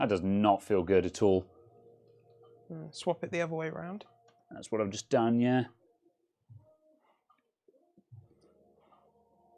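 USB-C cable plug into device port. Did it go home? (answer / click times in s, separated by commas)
no / none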